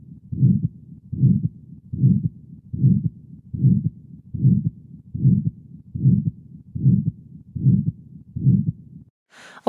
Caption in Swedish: Hur det här systoliska blåsljudet låter. När man har en väldigt stenoserad aortaklaff. Andra tonen hörs svagare. När man hör det här ljudet, då ska man skicka en remiss till kardiologen.